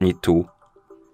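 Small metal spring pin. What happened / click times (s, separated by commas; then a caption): No seating click yet: the spring pin is still being handled / none. Someone talks briefly while handling the quick-release spring pin of a strap with its lever, getting it ready to go into the lug hole of an Amazfit Active Max smartwatch. After the speech only a faint steady tone and soft handling noise remain, including a small rise at 0.9 s. Nothing has seated or clicked yet.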